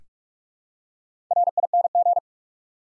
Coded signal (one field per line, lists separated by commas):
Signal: Morse code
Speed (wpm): 44 wpm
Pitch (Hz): 700 Hz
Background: none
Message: RING